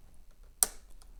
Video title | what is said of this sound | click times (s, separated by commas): Remove and Reinstall Key Cap on MateBook X Pro | lift up on the top left corner heard a second click | 0.6 s